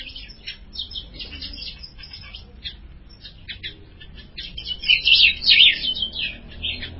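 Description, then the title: Ultramarine grosbeak gives a rich warbled phrase of sliding whistles toward the end, after a steady background of rapid high chirps. "Azulao"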